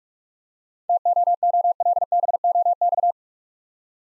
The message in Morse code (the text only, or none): TOOLBOX